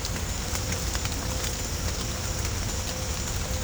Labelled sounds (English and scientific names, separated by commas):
none